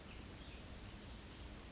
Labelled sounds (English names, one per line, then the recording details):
Oak Titmouse
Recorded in Sonoma County, California